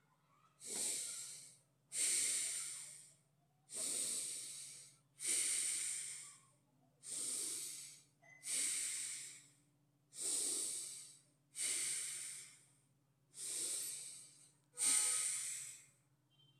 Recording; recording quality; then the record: deep breathing; excellent, no background noise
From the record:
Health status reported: COVID-19 positive, mild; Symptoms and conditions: cough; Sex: male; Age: 26 years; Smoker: not ticked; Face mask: not worn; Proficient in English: yes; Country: India